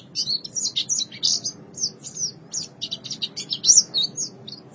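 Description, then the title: White-eye song, a lively stream of high, fast chirps and trills in uneven bursts, with a low hum underneath. "Kicauan Burung Pleci"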